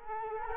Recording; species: mosquito wingbeat signal from an infrared sensor; Culex quinquefasciatus